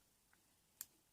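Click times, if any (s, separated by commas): 0.8 s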